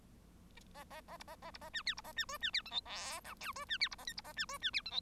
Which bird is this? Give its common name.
Bengalese Finch